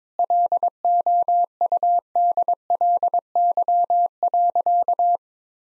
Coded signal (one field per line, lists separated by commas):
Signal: Morse code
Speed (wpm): 22 wpm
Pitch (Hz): 700 Hz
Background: none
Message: LOUDLY.